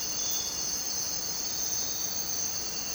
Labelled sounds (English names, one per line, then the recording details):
none
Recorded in dense forest near Puerto Asís, Putumayo, Colombia, on 29 June 2025 at 05:00
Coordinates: 0.484, -76.317
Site G045